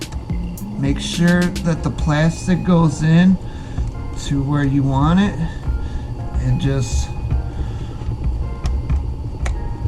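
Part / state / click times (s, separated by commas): plastic cover piece into rear gearbox of an RC truck / not seated / none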